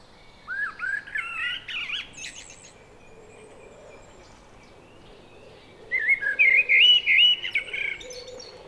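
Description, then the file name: Common blackbird song: a warbled phrase with high squeaky notes, a pause of a few seconds, then a louder phrase of repeated notes. "Turdus merula"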